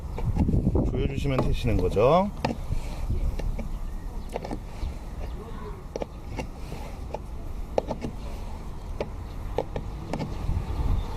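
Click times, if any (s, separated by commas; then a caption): none. Someone talks while handling the plastic filler cap on a diesel car's DEF/AdBlue (urea solution) tank neck after topping up the tank, with several brief light taps and knocks through the clip. The cap has not clicked shut or seated yet.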